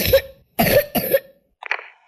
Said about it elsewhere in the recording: That sounds like a little one with a wet cough. How long has she had it for? Long time, about 4 weeks now. She might have bad lung sickness. We need to get her to the clinic, quick. If you hear a wet cough that won't go away, get. Into the clinic quick.